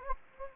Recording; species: mosquito wingbeat signal from an infrared sensor; Anopheles gambiae